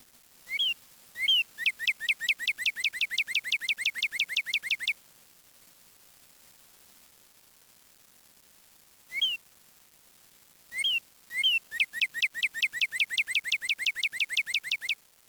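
Bird song: a long series of high, sharp chirps in two bursts of several seconds, separated by a quiet pause and a few single notes.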